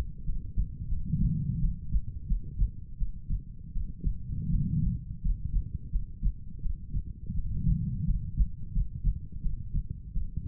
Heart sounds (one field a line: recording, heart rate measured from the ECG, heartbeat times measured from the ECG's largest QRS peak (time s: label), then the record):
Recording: heart sounds by stethoscope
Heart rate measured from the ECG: 85 bpm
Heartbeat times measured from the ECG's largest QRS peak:
0.24 s: heartbeat
0.88 s: heartbeat
1.59 s: heartbeat
2.26 s: heartbeat
2.97 s: heartbeat
3.71 s: heartbeat
4.49 s: heartbeat
5.21 s: heartbeat
5.90 s: heartbeat
6.60 s: heartbeat
7.33 s: heartbeat
8.04 s: heartbeat
8.71 s: heartbeat
9.40 s: heartbeat
10.12 s: heartbeat
From the record:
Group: healthy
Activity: cold pressor test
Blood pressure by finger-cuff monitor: 121/73 mmHg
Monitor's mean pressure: 89 mmHg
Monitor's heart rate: 86 bpm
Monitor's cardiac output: 7.6 L/min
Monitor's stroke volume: 86 mL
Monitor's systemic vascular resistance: 870 dyn s/cm5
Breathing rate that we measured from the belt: 19 breaths a minute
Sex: female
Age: 23 years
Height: 160 cm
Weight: 50.4 kg